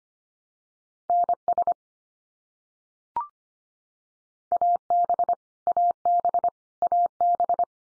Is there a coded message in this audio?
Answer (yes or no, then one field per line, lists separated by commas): yes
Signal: Morse code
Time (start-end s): 1.1-7.6 s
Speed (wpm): 25 wpm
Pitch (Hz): 700 Hz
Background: none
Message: NS AB AB AB